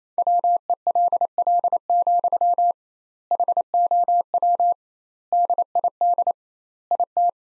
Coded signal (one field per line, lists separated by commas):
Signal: Morse code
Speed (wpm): 28 wpm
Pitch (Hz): 700 Hz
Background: none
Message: WELL, HOW DID IT